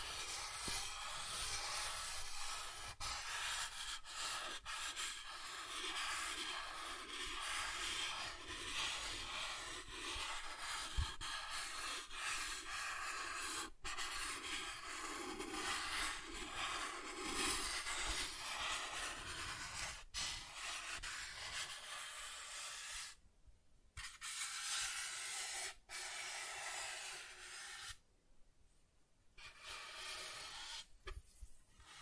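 Soft tracing across a surface makes a steady, dense, airy rubbing hiss, mostly bright with a faint low murmur underneath. Small clicks and ticks appear now and then, and past the twenty-second mark the strokes break off in brief silent gaps before resuming.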